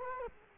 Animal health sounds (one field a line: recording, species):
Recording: mosquito wingbeat signal from an infrared sensor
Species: Culex quinquefasciatus